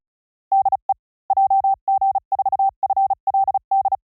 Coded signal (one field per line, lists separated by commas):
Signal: Morse code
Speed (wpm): 36 wpm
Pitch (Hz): 780 Hz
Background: none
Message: DE JG4FLD